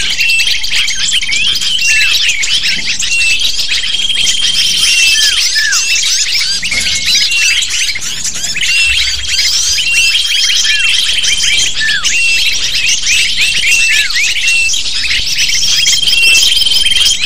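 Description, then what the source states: Lovebird flock chatter: a continuous wall of sharp, high chirps and downslurred squeaks, with faint sustained whistle-like tones running through parts of it. Calls used as a lure (pikat) to attract lovebirds.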